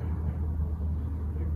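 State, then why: Not seated. On a 2007 Yamaha R1, the stator/flywheel cover is being lined up on the dowel pins so it can be fitted onto the engine case as part of a stator flywheel upgrade. A steady low rumble fills the short clip, with no distinct sudden sounds. Nothing has seated or clicked yet.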